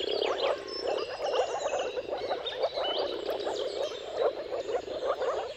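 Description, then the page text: Moor frogs calling in a thick chorus of soft, hollow bubbling sounds, accompanied by scattered bird whistles and chips. Moor frogs in a mating chorus at sunrise, at the turn of March and April, timing depending on weather. "Jakub-Orzecki moor frogs. earth.fm. Dawn’s Chorus: Mating Calls of Marsh Frogs at Sunrise. Depending on the weather at the turn of March and April, you can witness an amazing spectacle of moor frogs"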